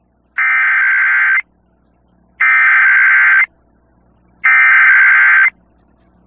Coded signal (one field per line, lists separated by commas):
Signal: Emergency Alert System (SAME) tones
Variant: header bursts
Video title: EAS #236: Observed Tornado Warning For Bent And Prowers Colorado Counties